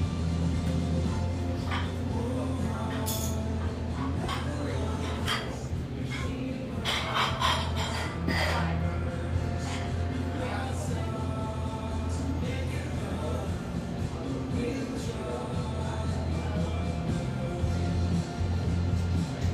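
Café ambience in Portland, with a steady low hum running underneath and a dense murmur of voices throughout. Sharp clinks and clatter of dishes break through around the third second and again between seven and nine seconds.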